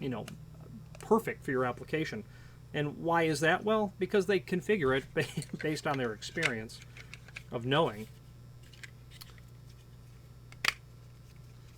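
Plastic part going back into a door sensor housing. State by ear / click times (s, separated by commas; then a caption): seated / 10.7 s. Someone talks while reviewing a door sensor, then a plastic piece of the sensor's housing is fitted back in. A few faint clicks lead up to a sharp click at 10.7 s as the part snaps back into place and seats.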